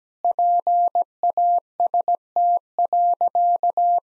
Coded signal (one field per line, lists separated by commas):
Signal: Morse code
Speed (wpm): 17 wpm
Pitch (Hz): 700 Hz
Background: none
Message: PAST.